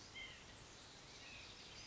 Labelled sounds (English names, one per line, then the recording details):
White-breasted Nuthatch
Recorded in Sonoma County, California